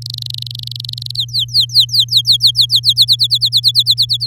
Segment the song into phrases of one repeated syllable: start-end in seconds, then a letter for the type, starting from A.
0.02-1.16 A, 1.17-2.80 B, 2.83-4.27 C